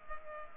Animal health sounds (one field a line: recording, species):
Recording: mosquito wingbeat signal from an infrared sensor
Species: Culex pipiens